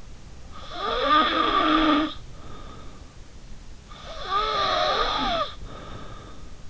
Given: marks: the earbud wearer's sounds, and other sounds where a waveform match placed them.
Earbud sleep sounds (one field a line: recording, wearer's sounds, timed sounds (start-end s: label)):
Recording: sounds in sleep by an in-ear microphone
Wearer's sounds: snoring breath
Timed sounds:
0.48-3.01 s: snoring breath
3.83-6.43 s: snoring breath